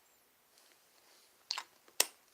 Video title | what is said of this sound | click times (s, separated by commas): First Impressions On Azzaro Wanted | does snap into place so you can't hold it by the top but I've never recommend that you never know what could happen | 2.0 s